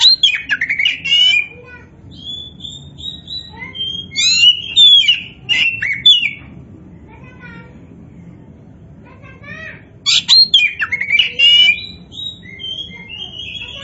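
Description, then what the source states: Oriental magpie-robin pouring out varied song of whistles, chips and rapid scratchy trills, pausing several seconds before a fresh energetic burst. Oriental magpie-robin (kacer), poci form, singing vigorously (gacor).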